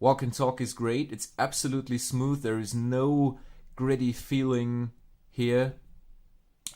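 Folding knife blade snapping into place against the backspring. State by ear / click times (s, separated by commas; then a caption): seated / 6.7 s. Someone talks while opening the blade of a Tidioute Cutlery #72 Mini Folding Hunter slip-joint folding knife. At 6.7 s the backspring snaps the blade firmly and positively into the open position with a short, sharp click.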